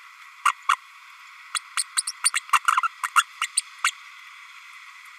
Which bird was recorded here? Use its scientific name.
Forpus passerinus